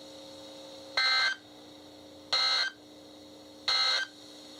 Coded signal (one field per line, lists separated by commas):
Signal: Emergency Alert System (SAME) tones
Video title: EAS #33: That Postponed Weekly Test | KHB36